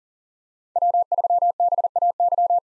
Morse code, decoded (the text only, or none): W3BAY